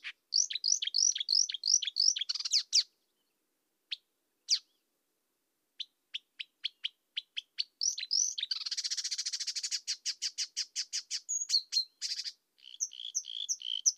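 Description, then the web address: Marsh warbler singing a varied medley: chattering phrases, then a string of evenly spaced sharp notes and a buzzy rattling passage. Nominate subspecies palustris. "acrocephalus palustris palustris"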